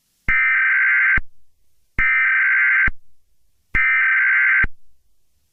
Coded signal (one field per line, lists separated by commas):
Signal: Emergency Alert System (SAME) tones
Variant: header bursts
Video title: EAS Scenario: Storm of the Century